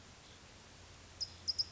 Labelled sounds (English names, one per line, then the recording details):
California Towhee
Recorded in Sonoma County, California